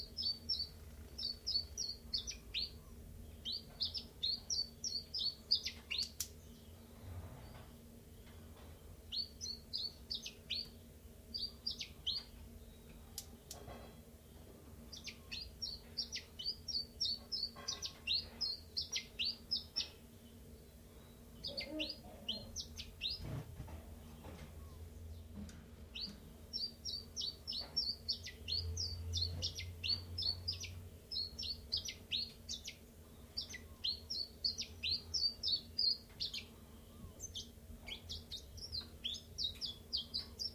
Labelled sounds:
Common Chiffchaff (Phylloscopus collybita)

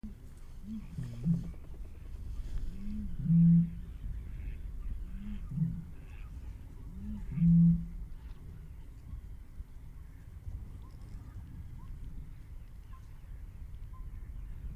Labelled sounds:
Great Bittern (Botaurus stellaris)

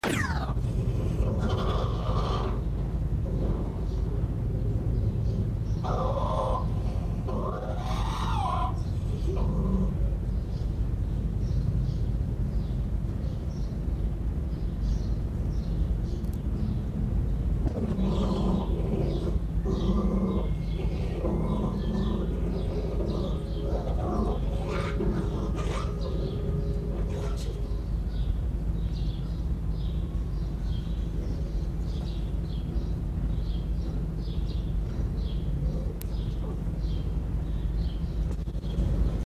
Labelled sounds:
Arctic Fox (Vulpes lagopus) growling, House Sparrow (Passer domesticus)

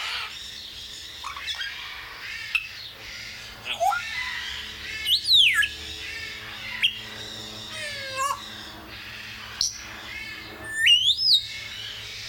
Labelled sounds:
Grey Parrot (Psittacus erithacus)

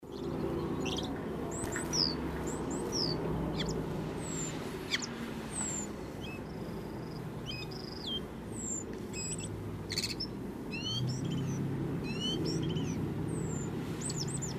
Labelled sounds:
Common Blackbird (Turdus merula)

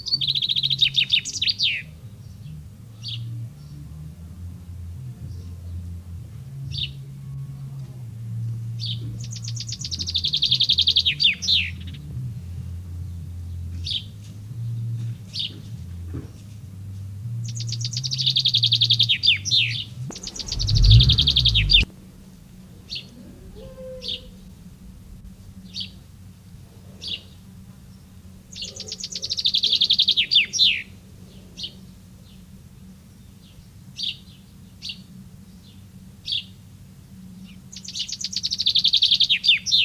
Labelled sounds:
Common Chaffinch (Fringilla coelebs) song

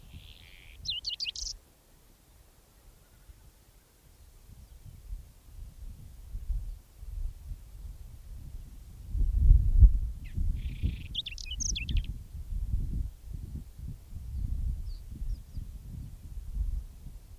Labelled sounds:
Whinchat (Saxicola rubetra) song

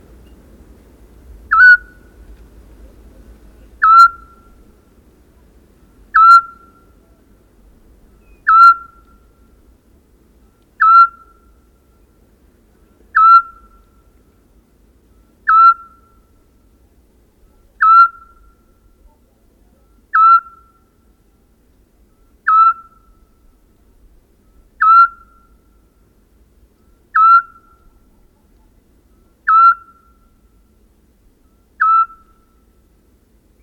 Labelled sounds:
Eurasian Scops Owl (Otus scops) call

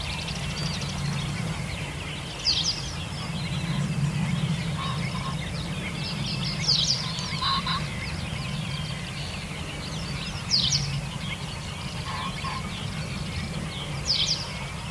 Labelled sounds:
Western Yellow Wagtail (Motacilla flava)

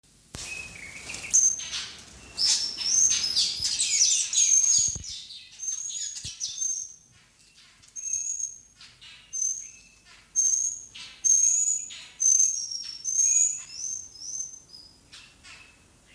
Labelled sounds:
Taveta Weaver (Ploceus castaneiceps) call

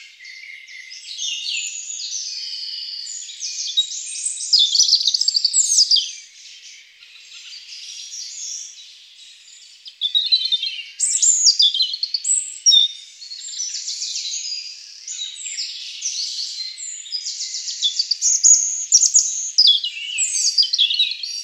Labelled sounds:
European Robin (Erithacus rubecula) song

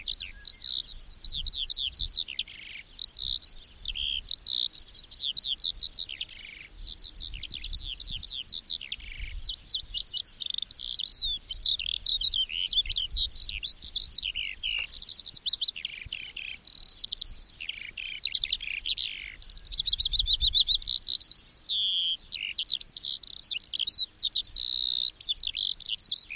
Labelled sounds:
Eurasian Skylark (Alauda arvensis) song

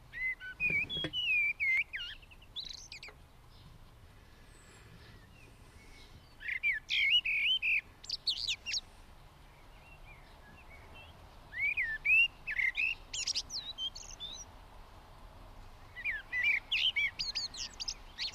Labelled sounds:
Common Blackbird (Turdus merula) song

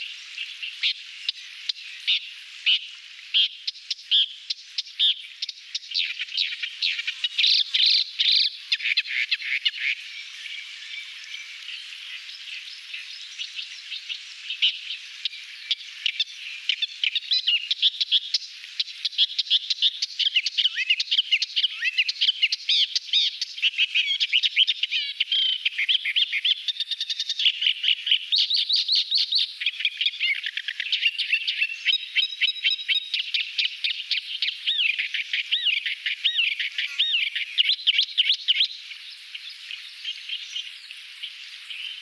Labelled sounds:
Thick-billed Warbler (Iduna aedon) song

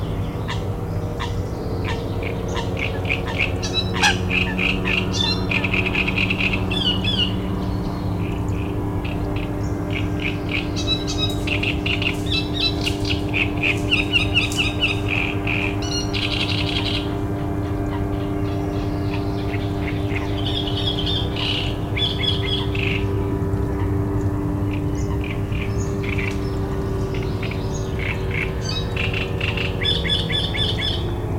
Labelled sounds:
Great Reed Warbler (Acrocephalus arundinaceus)

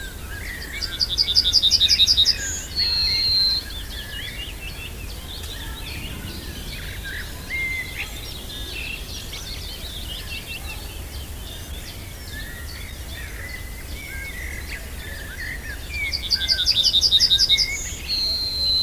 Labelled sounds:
Yellowhammer (Emberiza citrinella) song

